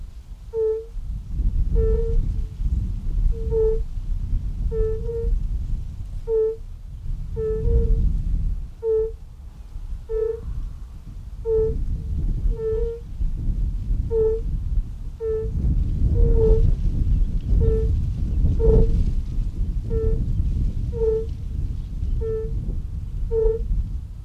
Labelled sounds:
Fire-Bellied Toad call

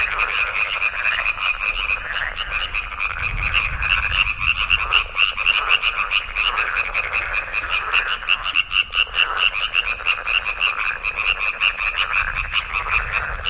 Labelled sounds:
Common Tree Frog call

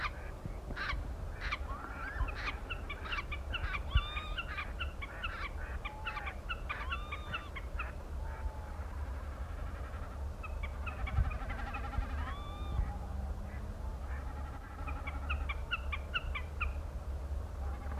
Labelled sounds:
Common Snipe call

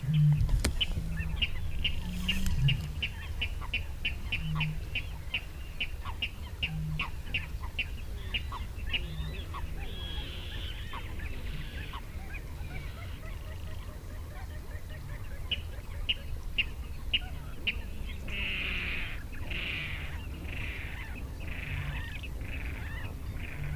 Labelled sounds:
Water Rail

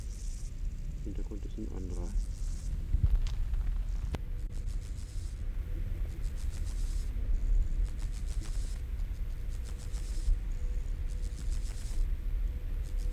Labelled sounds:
Water-meadow Grasshopper stridulation

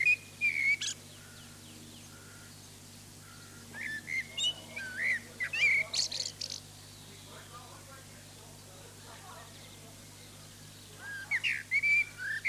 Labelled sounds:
Common Blackbird song

